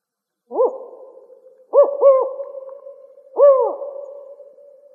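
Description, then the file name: Spotted owl series of hoots: a single hoot, then a rapid double, then a longer hoot. Recorded in Arizona. "SPOW 3 B deviche"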